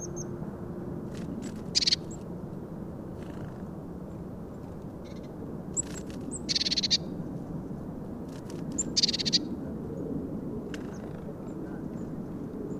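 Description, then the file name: Eurasian blue tit giving three brief high bursts spaced a few seconds apart, with faint high notes and ticks between them over constant low rumble. "Cyanistes caeruleus"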